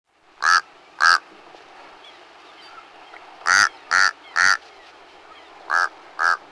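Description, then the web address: Mexican crow calling with rough, froglike croaks in quick pairs and a group of three, separated by short pauses. "Peterson North American Birds. mecr"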